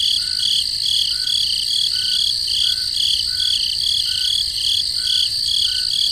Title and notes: Peaceful Cricket Sounds at Night. crickets in the forest at night